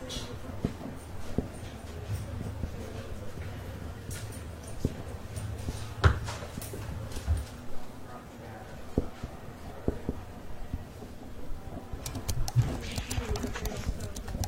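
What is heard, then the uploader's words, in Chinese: Quiet library room with a steady low hum, scattered soft taps and clicks, a sharp knock near six seconds, and rustling pages toward the end. 公共图书馆沉浸式学习 图书馆环境音 打字声 写字翻书。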